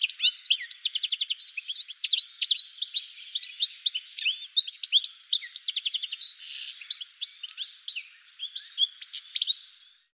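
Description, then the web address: Bird song, a fast, continuous jumble of high chirps, trills and buzzy rattles tumbling on for about ten seconds before stopping. "cianscape birddata"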